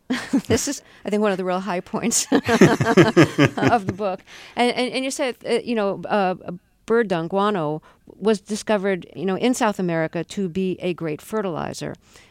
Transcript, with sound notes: This is, I think, one of the real high points...
(LAUGHTER)
...of the book. And you said, you know, bird dung, guano, was discovered, you know, in South America to be a great fertilizer.